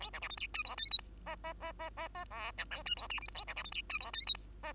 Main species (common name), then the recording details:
Bengalese Finch. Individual Bird2